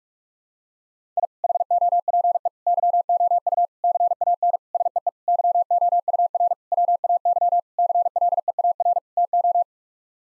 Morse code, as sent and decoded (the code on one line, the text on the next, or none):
.. / .... --- .--. . / -.-- --- ..- / -.-. .- -. / ... . . / -.-- --- ..- .-. / .-- .- -.-- / -.-. .-.. . .- .-. / - ---
I HOPE YOU CAN SEE YOUR WAY CLEAR TO